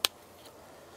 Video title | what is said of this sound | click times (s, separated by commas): DEUS Aksesuarlarını Tanıyalım | just simply slides onto the back of the headphone and clicks into place now | 0.1 s